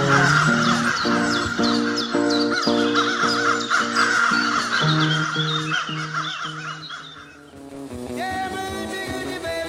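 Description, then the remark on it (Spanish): A person imitates a crow with a rapid series of harsh, raspy caws, loud and repeated over a steady humming musical backing that shifts to a different tone near the end. “¿A que me sale bien el sonido del cuervo de fondo?”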